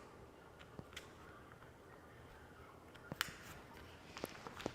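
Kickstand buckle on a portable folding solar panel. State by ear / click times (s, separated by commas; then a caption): seated / 3.2 s. Someone fastens the second plastic buckle on the kickstand of a portable folding solar panel. After a few soft taps, a sharp click at 3.2 s marks the buckle snapping into place and seated, followed by a few lighter clicks and taps.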